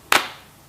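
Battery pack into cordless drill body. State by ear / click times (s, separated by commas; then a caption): seated / 0.1 s. A cordless drill battery pack is slid onto the tool body and pushed until it latches, giving one sharp, bright click at 0.1 s that decays over about a quarter second. The battery is seated.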